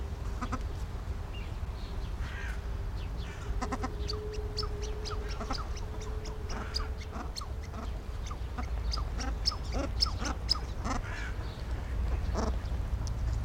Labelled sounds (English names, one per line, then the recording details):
Common Shelduck call
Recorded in captivity
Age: adult
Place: Zoo Berlin, Berlin, DE
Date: 1993-03-06 12:56
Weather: 3-6 °C, heiter bis wolkig
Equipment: Marantz CP 430, Sennheiser ME 80, Kopie Uher Variocord 263
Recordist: Tembrock, Günter